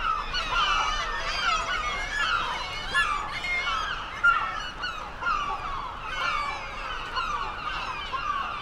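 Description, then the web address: Black-legged kittiwake calls: many birds giving nasal, wavering cries in overlapping waves. "sound Black-legged-kittiwake. صدای-پرنده-کاکایی-پاسیاه"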